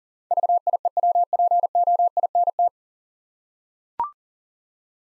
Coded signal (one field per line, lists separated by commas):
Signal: Morse code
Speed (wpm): 40 wpm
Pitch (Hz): 700 Hz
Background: none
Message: VIEWPOINT